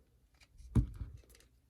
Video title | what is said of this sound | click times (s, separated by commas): Marvel Legends Crimson Dynamo Build A Figure Review | I'm just gonna snap right in snip | 0.8 s